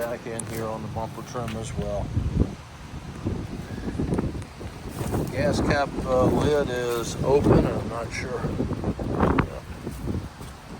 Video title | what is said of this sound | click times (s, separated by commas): Norfolk Police Towing and Recovery Auction | Closed up, it's not latching, but it is closed in. | none